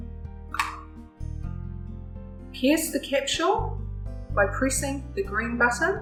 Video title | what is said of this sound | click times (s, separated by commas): How to use your Spiriva HandiHaler | close the mouthpiece until you hear it click *Click* | 0.5 s, 0.6 s